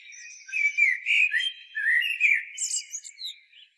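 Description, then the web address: Common blackbird song: several smooth, whistled notes in a flowing phrase, then a sharp, high chirping flourish near the end. "SETE data Turdus merula"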